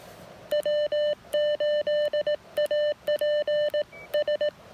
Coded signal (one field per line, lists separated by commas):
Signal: Morse code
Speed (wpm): 17 wpm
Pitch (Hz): 600 Hz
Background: none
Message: W8APS